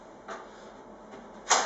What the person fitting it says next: Locks into place.